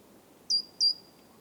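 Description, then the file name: Great tit calling twice, a pair of sharp high piping notes spaced about 0.3 seconds apart, each sliding a little lower before fading, with quiet low rumble underneath. "Parus major"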